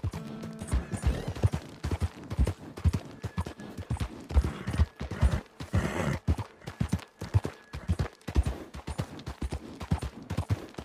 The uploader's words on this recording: The ambient sounds of the wilderness, wildlife, and weather. The gentle clip-clop of our horse's hooves.